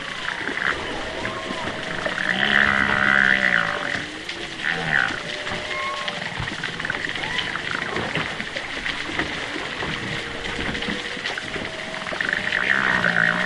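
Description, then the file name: Humpback whale song underwater, a run of arched, rising-and-falling moans and low whoops repeating throughout against constant choppy water movement. Recorded underwater, distant animal, off east Australia in August, with choppy water movement. "zapsplat animals whales humpback underwater distant east australia"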